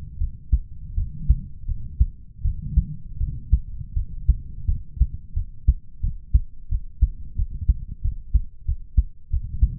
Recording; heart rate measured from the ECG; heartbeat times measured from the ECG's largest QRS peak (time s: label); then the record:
heart sounds by stethoscope; 86 bpm
0.17 s: heartbeat
0.94 s: heartbeat
1.65 s: heartbeat
2.41 s: heartbeat
3.17 s: heartbeat
3.93 s: heartbeat
4.65 s: heartbeat
5.33 s: heartbeat
6.00 s: heartbeat
6.68 s: heartbeat
7.35 s: heartbeat
8.01 s: heartbeat
8.64 s: heartbeat
9.29 s: heartbeat
From the record:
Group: healthy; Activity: rest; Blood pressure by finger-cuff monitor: 94/70 mmHg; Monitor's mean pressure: 78 mmHg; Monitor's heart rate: 82 bpm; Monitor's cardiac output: 6 L/min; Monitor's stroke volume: 73 mL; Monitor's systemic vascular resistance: 930 dyn s/cm5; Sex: male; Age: 20 years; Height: 187 cm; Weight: 68.9 kg